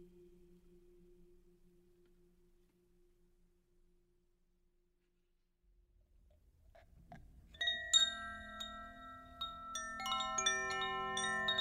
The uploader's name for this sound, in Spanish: Meditación con cuencos